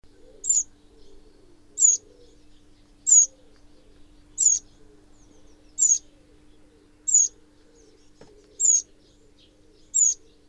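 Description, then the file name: Eurasian wren calls, short high sharp notes repeated about every 1.3 seconds, with a steady low hum beneath. "Troglodytes troglodytes"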